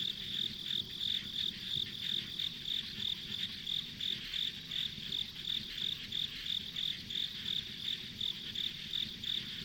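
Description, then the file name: Insect calls, a regular high chirp repeated rapidly, with a constant buzzing drone behind it and faint low rumble. Insects as ambient sound on a rural country road. "田舎道の虫の環境音"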